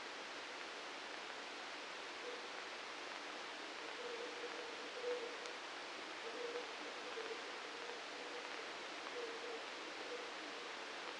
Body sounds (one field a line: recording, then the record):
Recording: brain microelectrode recording played as sound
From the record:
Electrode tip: outside the subthalamic nucleus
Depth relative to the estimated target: -3 mm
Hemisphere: right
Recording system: NeuroSet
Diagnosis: Parkinson's disease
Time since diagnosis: 9 years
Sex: male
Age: 61 years